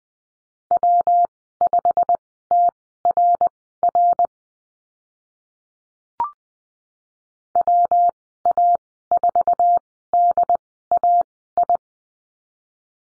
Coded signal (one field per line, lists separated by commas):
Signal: Morse code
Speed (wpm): 20 wpm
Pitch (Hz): 700 Hz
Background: none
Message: W5TRR WA4DAI